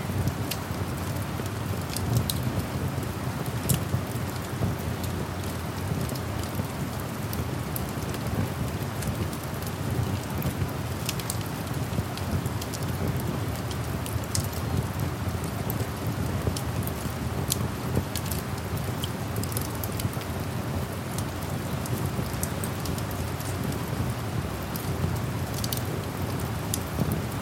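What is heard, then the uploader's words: Steady rain and a close, low crackling fire blend into a dense, even hiss, with frequent sharp pops and ticks scattered throughout. Fire Plus Rain Sounds.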